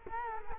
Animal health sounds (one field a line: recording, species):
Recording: mosquito wingbeat signal from an infrared sensor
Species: Culex quinquefasciatus